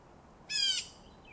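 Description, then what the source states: Mauritius bulbul with one rasping, nasal note, slightly descending and lasting about a third of a second; a faint thin whistle follows afterwards. Recorded on the Macchabée trail, Mauritius.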